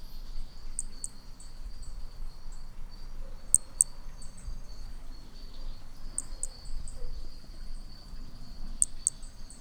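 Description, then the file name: Hermogenes's pumpkin toadlet call, short high-pitched clicks in pairs at intervals of a few seconds, with fainter echoing notes and a continuous high buzzing drone behind. Individual 3, recorded at Picinguaba, Brazil, on 13 December 2017; one note of the call missing. "MHNCI B hermogenesi Picinguaba ind 3 ex 4 perdeu uma nota 13 dez 2017 MRB"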